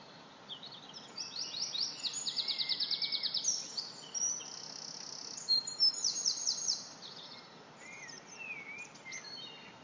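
Wren song: high, fast rattling trills and chattering phrases in energetic bursts, with brief pauses.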